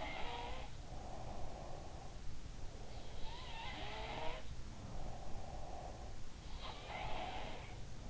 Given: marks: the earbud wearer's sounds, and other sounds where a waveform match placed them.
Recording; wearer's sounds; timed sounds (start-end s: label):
sounds in sleep by an in-ear microphone; breath
0.00-1.58 s: sound from someone else or the room
0.83-2.23 s: breath
2.81-8.10 s: sound from someone else or the room
4.79-6.26 s: breath